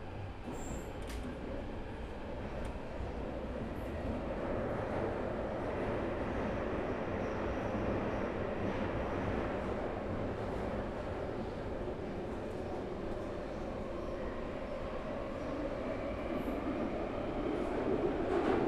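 An empty Underground train rumbles along with a steady, dense roar, heaviest in the low and middle range. A few brief clicks and squeaks cut through near the start and again around sixteen seconds, and the din swells slightly toward the end.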